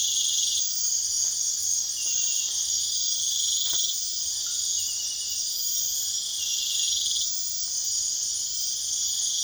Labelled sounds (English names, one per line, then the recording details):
none
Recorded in pastures near Puerto Asís, Putumayo, Colombia, on 22 June 2025 at 22:00
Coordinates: 0.502, -76.324
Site G010